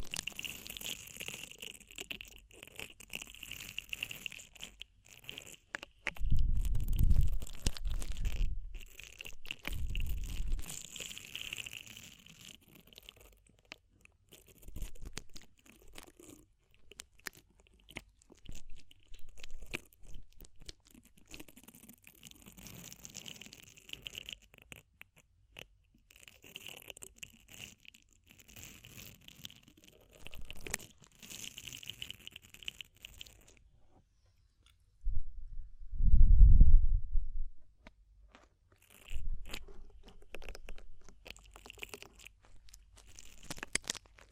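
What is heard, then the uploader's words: Deep ear cleaning sounds: a dense run of scratchy, crunchy rubbing and clicking in sharp bursts. Deep low thumps land around 6–11 seconds and again near 35–38 seconds. Brief silent gaps break the texture, most notably around 33–35 seconds. DEEP Ear Penetrating Cleaning.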